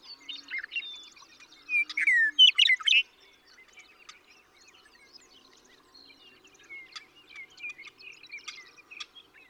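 Western meadowlark song: a loud phrase of slurred, falling whistles early on, with a busy background of chirps.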